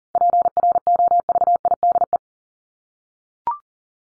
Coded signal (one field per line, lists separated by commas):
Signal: Morse code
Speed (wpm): 40 wpm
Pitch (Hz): 700 Hz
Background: none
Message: PROVIDE